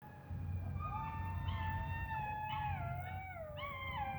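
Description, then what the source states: Jackal howls, several drawn-out wailing tones gliding and overlapping, rising then slowly falling, with a steady low rumble underneath throughout. More than one jackal.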